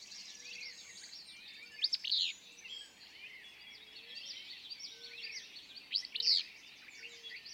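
Willow flycatcher repeating a short buzzy, sneezing phrase twice, partly masked by a thick chorus of other birds and low soft whistles.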